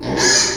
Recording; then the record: squeal of a Yucatan mini pig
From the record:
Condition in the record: before surgery on the right vocal fold (resection and tissue-engineered implant); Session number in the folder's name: 1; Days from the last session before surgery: -3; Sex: male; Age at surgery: 12 weeks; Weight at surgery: 13 kg